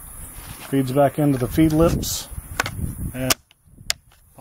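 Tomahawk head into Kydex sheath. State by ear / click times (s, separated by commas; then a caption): seated / 3.9 s. Someone talks while a Helm tactical tomahawk head is pushed, beard point first, into a formed Kydex sheath. The sheath's retention catches with a sharp snap at 3.9 s, and the head is seated in place.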